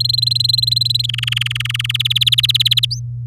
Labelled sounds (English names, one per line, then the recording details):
Domestic Canary song
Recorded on 8 May 2018 at 13:22
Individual llb16